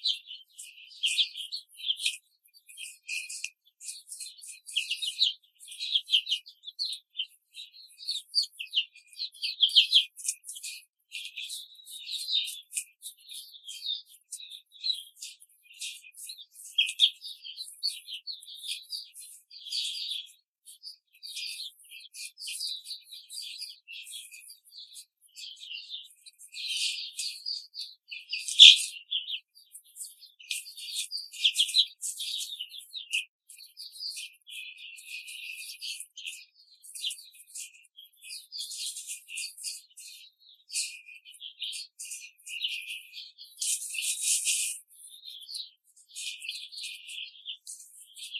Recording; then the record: young laying hens in a cage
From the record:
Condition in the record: control cage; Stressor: none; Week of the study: 5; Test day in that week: 1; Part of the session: 1